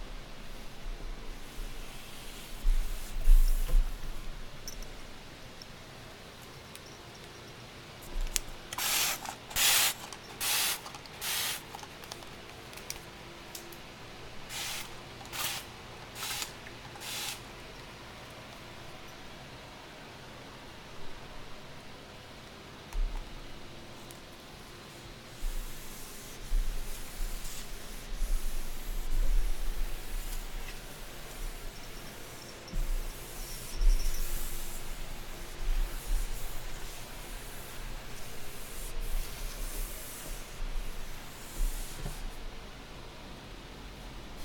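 Candle dressing, shuffling and cutting sounds play out as soft rubbing and handling noises over a low hiss. Sharp bright hissing strokes come in a cluster around 9–17 seconds, and denser scraping and shuffling fills the second half, with occasional dull knocks.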